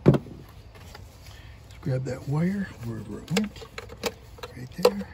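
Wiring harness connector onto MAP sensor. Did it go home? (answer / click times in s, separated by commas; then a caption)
no / none. Someone talks while handling the wiring harness plug and starting to push it onto the new MAP sensor on the intake of a 2nd-generation 2010 Ford Escape with a 3.0 engine. Brief sharp taps and handling noises are heard over the talking. Nothing has seated or clicked yet.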